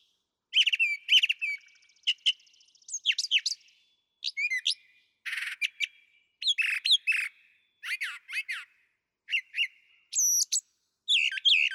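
Brown thrasher delivering a long sequence of varied whistled, harsh and buzzy phrases, many repeated twice, with short silences between; no other sounds.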